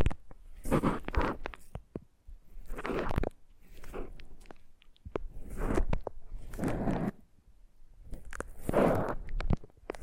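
Foam being squeezed and rubbed in a massage, coming as soft crunchy, squishy bursts about every two seconds. Each burst lasts roughly a second, full of crackling and rustling texture, with brief quiet gaps and scattered small clicks between them.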